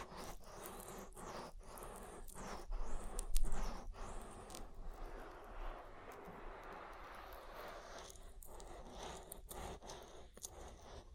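Oily ear massage with slick rubbing and sharp crackly scrapes, heavier around three to four seconds, then softer repeated strokes returning later.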